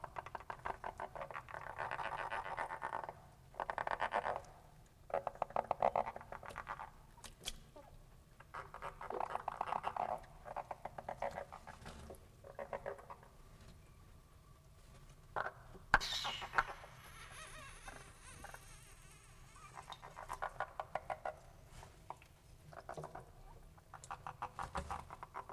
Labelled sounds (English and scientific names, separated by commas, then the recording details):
Edible Frog (Pelophylax esculentus) call
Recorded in captivity
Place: Zoologisches Institut der HUB, Berlin, DE
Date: 1959-01-02 16:30
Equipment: Reporter, Vollspur
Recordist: Tembrock, Günter